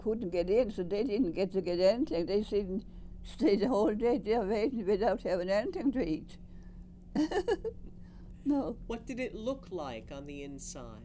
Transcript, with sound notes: They couldn't get in, so they didn't get to get anything. They stayed, stayed the whole day there, waiting, without having anything to eat.. (Chuckles) No.
What did it look like on the inside?